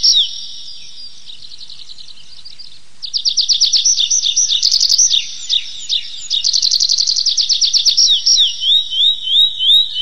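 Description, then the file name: Tree pipit song with soft high notes building into loud rapid trills, varied repeated phrases and slurred descending notes at the close. "lesnoj konek anthus trivialis"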